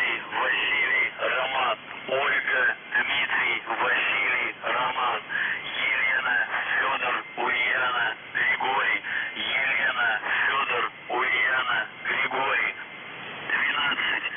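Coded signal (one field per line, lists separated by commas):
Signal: coded military voice message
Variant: UVB-76, Russian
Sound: a voice reading words over a narrow, radio-filtered channel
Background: radio static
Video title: The Buzzer/UVB-76 Voice Message February 15, 2021 13:22 UTC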